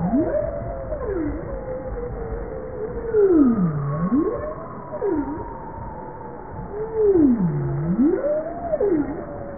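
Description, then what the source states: Bowhead whale calls: low tonal moans that dip and swoop up and down, overlapping one another in a rolling series, with a faint higher steady tone drifting above. From a 2013 JASA publication.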